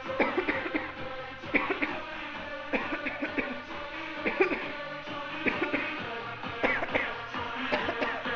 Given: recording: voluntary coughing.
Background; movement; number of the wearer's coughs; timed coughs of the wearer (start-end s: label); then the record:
music; walking; 16
0.17-0.45 s: cough
0.46-0.69 s: cough
0.72-1.01 s: cough
1.52-1.75 s: cough
1.79-2.01 s: cough
2.70-2.96 s: cough
3.04-3.29 s: cough
3.35-3.56 s: cough
4.23-4.49 s: cough
4.48-4.73 s: cough
5.43-5.68 s: cough
5.71-5.99 s: cough
6.61-6.88 s: cough
6.92-7.28 s: cough
7.69-7.95 s: cough
7.99-8.25 s: cough
From the record:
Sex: female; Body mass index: 36.4 kg/m2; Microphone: on the chest, facing outward